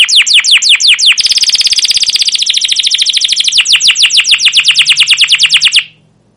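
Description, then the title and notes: Canary singing: a few slow falling chirps, then a very rapid rolling trill, easing into evenly spaced chirps before the song stops abruptly. Caged canary song used as a lure to stimulate and tutor young canaries learning sounds; style described as cuit cuit, ngerol, gacor panjang (long continuous rolling chirps). "CUIT CUIT NGEROL LANGSUNG GACOR PANJANG Kenari Ini AMPUH Utk Pancingan KENAR. PANCINGAN Kenari GACOR PANJANG Cuit CUIT EMOSI ini AMPUH utk MASTERAN Kenari PAUD belajar BUNYI. burung kenari"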